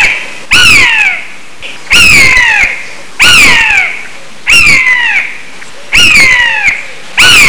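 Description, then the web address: Bird calls: loud harsh squawks with falling harmonic tones, repeated about every 1.3 seconds, six times. "特酷声音素材库 动物 鸟 Bird"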